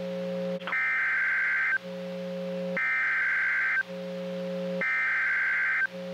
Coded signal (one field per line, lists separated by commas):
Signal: Emergency Alert System (SAME) tones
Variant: header bursts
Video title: Severe Thunderstorm Watch (EAS #840)